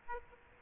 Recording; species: mosquito wingbeat signal from an infrared sensor; Aedes aegypti